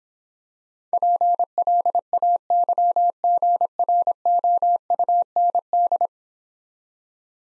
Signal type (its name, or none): Morse code